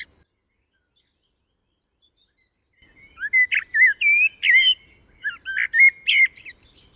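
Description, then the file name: Common blackbird singing, after a quiet start, a run of rich, fluted slurred whistles mixed with a few higher twittering notes. "Turdus merula"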